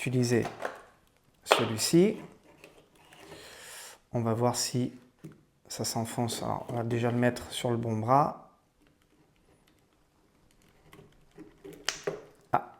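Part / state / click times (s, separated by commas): plastic hand onto action figure wrist peg / seated / 11.9 s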